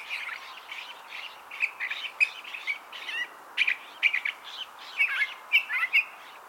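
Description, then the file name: California thrasher delivering a steady sequence of varied phrases, harsh chirps mixed with clearer whistled notes, several loud accented notes near the end. "Toxostoma redivivum - California Thrasher"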